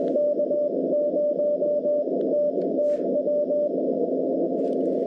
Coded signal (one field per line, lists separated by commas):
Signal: Morse code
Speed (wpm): 23 wpm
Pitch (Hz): 600 Hz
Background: none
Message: K0TTW